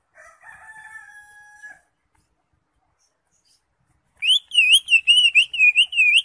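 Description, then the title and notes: Greater Green Leafbird song: a steady thin tone, then a brisk run of rapid wavy whistled notes. Caged-bird context; used as a master training recording for teaching captive Greater Green Leafbirds to sing. "Suara Burung Cucak Ijo. mantap buat masteran burung cak ijo"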